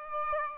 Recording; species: mosquito wingbeat signal from an infrared sensor; Aedes aegypti